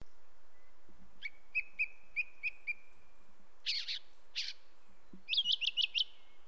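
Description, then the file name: Song thrush song of repeated short chirped notes, then harsher buzzy phrases and a quick trill. "grive musicienne"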